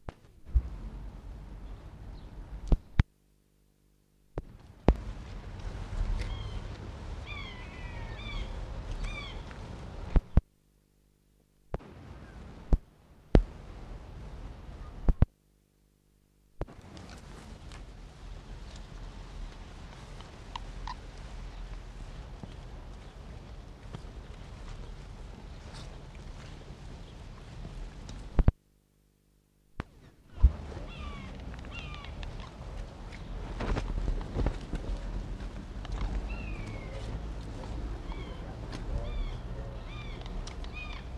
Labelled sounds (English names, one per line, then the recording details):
Wapiti rut call
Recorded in captivity
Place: Zoo Halle, Sachsen-Anhalt, DE
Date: 1960-10-14 10:00
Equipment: Reporter (Vollspur)
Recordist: Tembrock, Günter